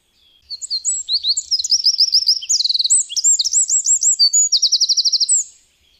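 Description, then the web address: Eurasian wren delivering a loud high song: rapid chips, looping notes and rattling trills over about five seconds, closing with a fast trill. "agykontroll Madardalok Cd 1. Ökörszem"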